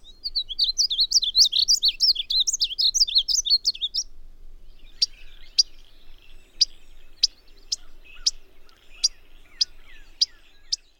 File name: Painted Bunting